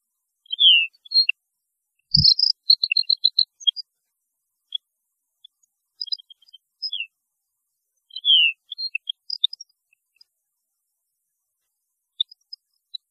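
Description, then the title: European goldfinch song in scattered bursts of high twittering notes and descending slurs, with one low thump near the start and long pauses between phrases. "Chant Chardonneret"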